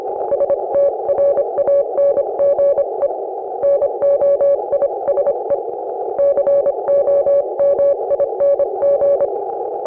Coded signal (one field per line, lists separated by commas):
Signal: Morse code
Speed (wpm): 28 wpm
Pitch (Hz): 560 Hz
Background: none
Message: STRANGE NOISE COMING